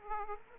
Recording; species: mosquito wingbeat signal from an infrared sensor; Aedes aegypti